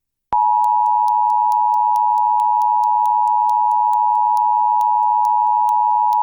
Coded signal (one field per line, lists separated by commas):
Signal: Emergency Alert System (SAME) tones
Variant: 853 and 960 Hz attention tone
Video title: EAS #1108: EAS Severe Thunderstorm Warning- Sep. 6, 2025- 5:26PM PDT